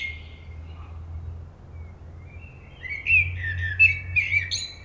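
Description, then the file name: Common blackbird singing: a brief whistled note at the start, a pause, then a rich warbling phrase ending in thin, high twittering, over a low background hum. "Turdus merula"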